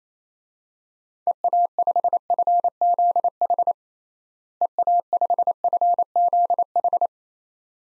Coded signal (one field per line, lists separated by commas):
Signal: Morse code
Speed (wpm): 28 wpm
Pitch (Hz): 700 Hz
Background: none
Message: EA5FZH EA5FZH